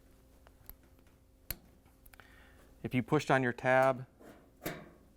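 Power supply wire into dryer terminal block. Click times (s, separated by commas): 1.5 s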